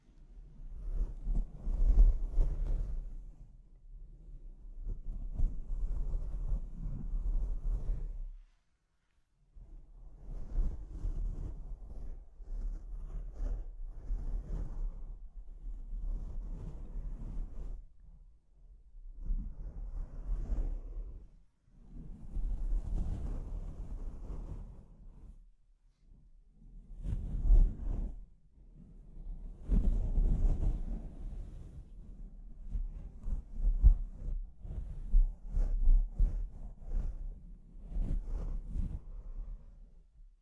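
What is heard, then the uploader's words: Mic scratching comes in rough, irregular bursts a few seconds long, separated by brief silent gaps near 8, 20 and 26 seconds. The rubbing is close and heavy, dominated by low rumbling thuds with a scraping hiss above, rising and falling unevenly throughout. ASMR Brain Melting Mic Scratching (No Talking).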